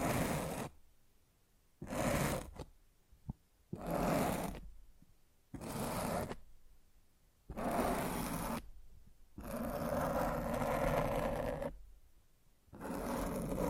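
Rough mic scratching comes in bursts of one to two seconds, separated by near-silent gaps, with a longer grinding stretch around ten seconds.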